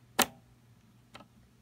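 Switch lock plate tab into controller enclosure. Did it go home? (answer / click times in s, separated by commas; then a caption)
yes / 0.2 s. The knobby end of a switch lock plate for the manual switch option of a QCC controller is slid back into the hole by the red lever, and its tab is pushed down into the controller enclosure. A sharp, bright tick at 0.2 s marks the tab clicking into place, followed by a fainter tick around 1.2 s. The lock plate tab is seated.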